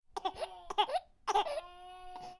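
A baby crying in short voiced, tonal bursts, with a cough.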